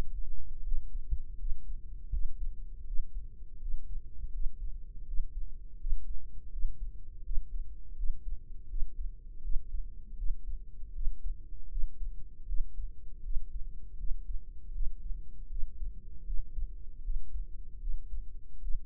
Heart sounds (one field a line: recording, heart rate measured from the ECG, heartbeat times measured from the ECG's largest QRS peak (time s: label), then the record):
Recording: heart sounds by microphone in the right ear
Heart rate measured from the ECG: 80 bpm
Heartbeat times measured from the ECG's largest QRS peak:
0.63 s: heartbeat
1.37 s: heartbeat
2.10 s: heartbeat
2.85 s: heartbeat
3.59 s: heartbeat
4.31 s: heartbeat
5.05 s: heartbeat
5.78 s: heartbeat
6.50 s: heartbeat
7.23 s: heartbeat
7.95 s: heartbeat
8.67 s: heartbeat
9.41 s: heartbeat
10.16 s: heartbeat
10.93 s: heartbeat
11.69 s: heartbeat
12.46 s: heartbeat
13.22 s: heartbeat
13.97 s: heartbeat
14.72 s: heartbeat
15.49 s: heartbeat
16.24 s: heartbeat
17.02 s: heartbeat
17.79 s: heartbeat
18.60 s: heartbeat
From the record:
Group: healthy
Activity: Valsalva maneuver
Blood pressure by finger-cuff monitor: 85/51 mmHg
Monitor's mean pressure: 63 mmHg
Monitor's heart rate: 81 bpm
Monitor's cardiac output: 7.1 L/min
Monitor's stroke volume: 87 mL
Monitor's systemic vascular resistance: 630 dyn s/cm5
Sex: female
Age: 22 years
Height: 161 cm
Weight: 65.5 kg